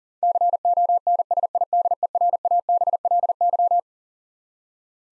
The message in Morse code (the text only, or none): CONSIDERABLY